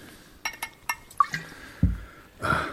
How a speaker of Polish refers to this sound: Zaraz, najpierw się napijmy. Nalewka mojej roboty. Mocna!